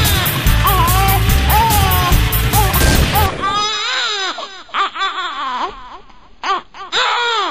New Baby Cry.